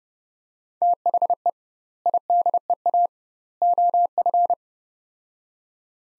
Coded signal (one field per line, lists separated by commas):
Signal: Morse code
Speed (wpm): 30 wpm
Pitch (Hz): 700 Hz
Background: none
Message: THE IDEA OF